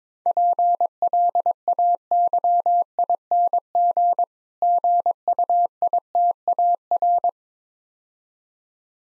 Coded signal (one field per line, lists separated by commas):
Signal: Morse code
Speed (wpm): 23 wpm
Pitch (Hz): 700 Hz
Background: none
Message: PLAYING GUITAR